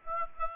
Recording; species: mosquito wingbeat signal from an infrared sensor; Aedes aegypti